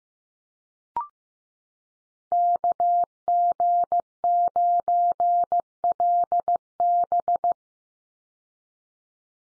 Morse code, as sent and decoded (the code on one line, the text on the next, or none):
-.- --. ----. .-.. -...
KG9LB